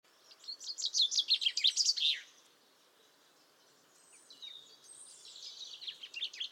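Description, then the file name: Common chaffinch song: a bright, rapid trill of about two seconds, followed by quieter, thin high notes. "Fringilla coelebs"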